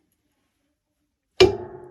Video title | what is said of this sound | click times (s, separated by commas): Unboxing and Setting Up PowerPress Heat Press | so yeah it locks that's what you want it to lock into place so | 1.4 s